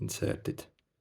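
A plastic watch strap is being inserted into the body of a Samsung Galaxy Fit 3 fitness tracker while someone talks. The strap is only being handled and has not clicked or seated into the tracker yet.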